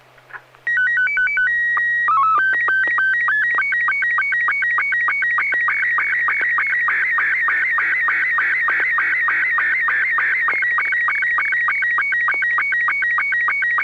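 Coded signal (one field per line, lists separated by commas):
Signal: SSTV (slow-scan television)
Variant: Robot 72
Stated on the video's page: SSTV images exchanged on a weekly amateur net via an FM repeater on 441.300 MHz in Sacramento, sent with MMSSTV software.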